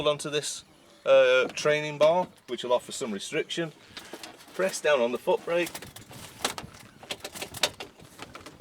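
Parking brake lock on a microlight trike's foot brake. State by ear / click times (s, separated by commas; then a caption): seated / 7.6 s. Someone talks while holding a training bar and pressing down on the foot brake of a flexwing microlight trike to engage its rear-wheel parking brake lock. A run of short clicks follows, and the parking brake lever clicks into its set position at 7.6 s, confirming the brake is set.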